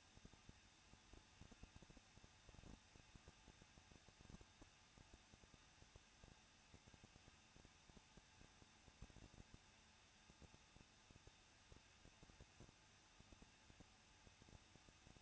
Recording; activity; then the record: daily activity, microphone in the room; no activity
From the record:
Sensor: 2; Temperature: 21.0 degrees Celsius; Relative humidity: 37.5%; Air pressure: 1006.2 hPa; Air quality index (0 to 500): 223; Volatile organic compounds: 25 ppm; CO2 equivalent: 2826 ppm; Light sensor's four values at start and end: 2/3/2/2 and 2/3/2/2